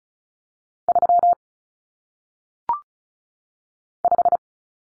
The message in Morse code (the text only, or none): 3 5